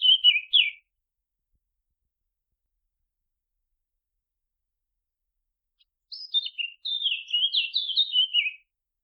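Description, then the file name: Eurasian blackcap song: a brief warbled burst, then after a long silence a longer run of quick, varied chattering and twittering notes, with no other sounds. "Sylvia atricapilla"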